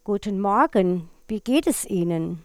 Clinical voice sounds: spoken sentence; German; female; 60 to 69 years; 0; 0; 0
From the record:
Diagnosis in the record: dysphonia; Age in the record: 66 years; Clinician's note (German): Funktionelle Dysphonie, beginnende Altersstimme

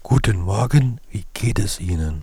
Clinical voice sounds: spoken sentence; German; male; 40 to 49 years; 3; 2; 3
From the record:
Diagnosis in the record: recurrent laryngeal nerve paralysis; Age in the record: 47 years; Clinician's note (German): Frische links in Intermediärstellung, starke Verhauchung; keine stroboskopische Restbeweglichkeit; kein hyperfunktioneller Kompensationsversuch

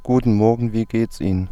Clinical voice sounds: spoken sentence; German; male; 20 to 29 years; 0; 0; 0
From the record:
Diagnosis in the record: healthy voice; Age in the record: 29 years

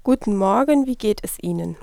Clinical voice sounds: spoken sentence; German; female; 20 to 29 years; 0; 0; 0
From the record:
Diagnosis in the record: healthy voice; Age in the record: 25 years

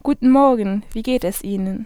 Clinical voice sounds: spoken sentence; German; female; 18 to 19 years; 0; 0; 0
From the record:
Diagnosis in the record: healthy voice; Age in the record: 19 years

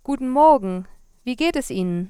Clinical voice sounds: spoken sentence; German; female; 20 to 29 years; 0; 0; 0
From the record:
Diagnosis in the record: healthy voice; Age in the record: 23 years

